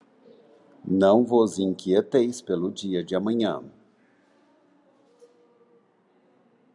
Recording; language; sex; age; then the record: short text; Brazilian Portuguese; male; 60 to 69 years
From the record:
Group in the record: control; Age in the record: 63 years